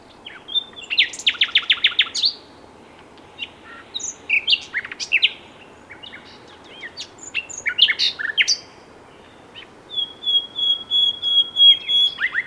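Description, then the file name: Common nightingale song: a fast rattling burst of repeated notes, varied chirps and clicks, then a long, pure, steady whistle. "Luscinia megarhynchos"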